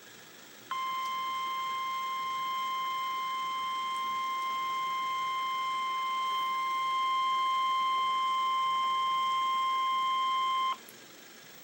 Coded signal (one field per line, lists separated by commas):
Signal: Emergency Alert System (SAME) tones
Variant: 1050 Hz attention tone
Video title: REAL EAS 795-Severe thunderstorm warning